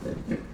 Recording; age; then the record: pig call; growing-finishing pig (85 days or more)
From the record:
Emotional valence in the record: positive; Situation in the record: run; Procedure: transit